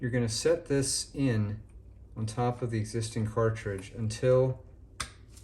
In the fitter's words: it slides down like that and locks in place.